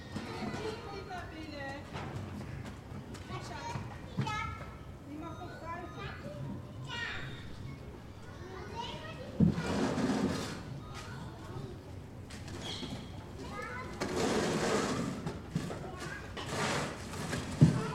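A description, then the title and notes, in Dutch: Children chatter and call out in a daycare, with a steady babble of young voices and louder bursts of shouting around ten and fifteen seconds. Kinderdagverblijf/Daycare Center Den Haag. Recorded with the Zoom's internal mics.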